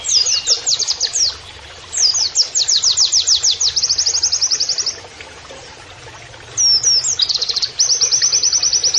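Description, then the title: White-eye song: fast bursts of high, sweeping notes, then long buzzy trills, broken by short pauses; a low steady hum runs underneath. Masteran (training) recording of a gacor (persistently singing) white-eye (pleci) delivering canary-like phrases (nembak kenarian). "Pleci Gacor. MASTERAN PLECI NEMBAK KENARIAN"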